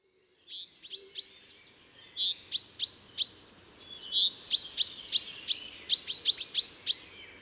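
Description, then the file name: Common chaffinch giving high, clipped chip notes, sparse at first, then speeding into a rapid, even run of sharp calls over faint background hiss. "Fringilla coelebs"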